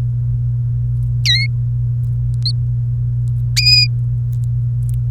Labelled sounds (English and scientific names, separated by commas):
Domestic Canary (Serinus canaria) song